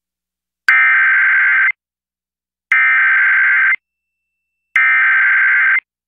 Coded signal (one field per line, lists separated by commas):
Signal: Emergency Alert System (SAME) tones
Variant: header bursts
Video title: EAS Child Abduction Emergency (AMBER Alert) Alexandria, Virginia/Maryland (DC Metro) WTOP-FM